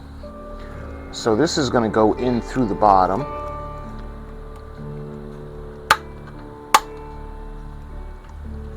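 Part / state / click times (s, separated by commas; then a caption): plastic deflector dish housing into model ship hull / seated / 5.9 s, 6.8 s. Someone talks briefly while the plastic deflector dish housing of a snap-fit 1:1000 scale U.S.S. NIMOY NCC-1934 model kit is pushed in from the bottom of the model ship hull. Two sharp plastic snaps ring out at 5.9 s and 6.8 s as the housing seats into place.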